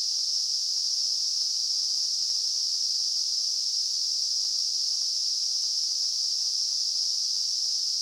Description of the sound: Tinnitus.